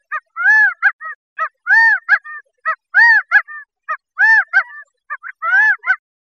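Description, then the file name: Gambel's quail call: loud nasal arched notes with shorter clipped notes after them, repeated in regular groups about every 1.2 seconds. "GAMQUAIL"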